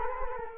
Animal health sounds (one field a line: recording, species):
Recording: mosquito wingbeat signal from an infrared sensor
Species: Culex quinquefasciatus